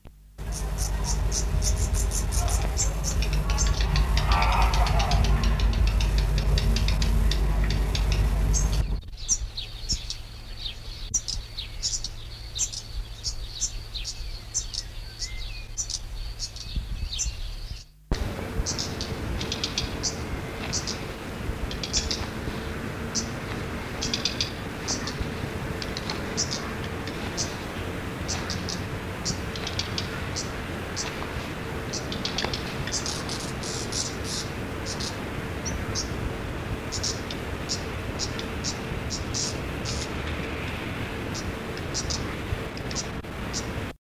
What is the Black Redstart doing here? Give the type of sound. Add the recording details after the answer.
alarm call. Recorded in the wild. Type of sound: alarm call. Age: diverse. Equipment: Halbspur, 9,5 cm/s. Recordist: Lütgens, Hans. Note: Flügge Junge und warnende Altvögel